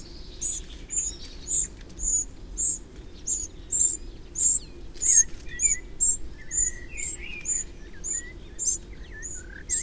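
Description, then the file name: Eurasian wren calls, a steady run of sharp high ticks nearly twice a second, with softer whistled notes of another bird below. "Troglodytes troglodytes"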